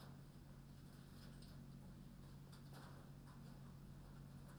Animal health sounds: poultry house recording; no chicken sound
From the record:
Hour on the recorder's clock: 22

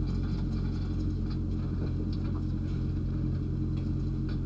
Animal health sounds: poultry house recording; no chicken sound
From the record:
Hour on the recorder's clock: 1

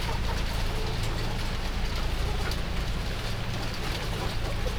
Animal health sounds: poultry house recording; healthy chickens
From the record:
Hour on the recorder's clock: 11

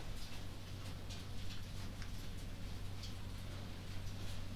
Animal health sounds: poultry house recording; no chicken sound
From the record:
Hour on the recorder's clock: 3

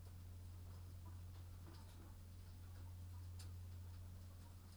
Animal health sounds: poultry house recording; sick chickens (respiratory disease)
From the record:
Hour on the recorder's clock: 21

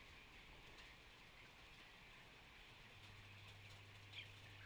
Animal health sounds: poultry house recording; healthy chickens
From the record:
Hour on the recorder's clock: 13

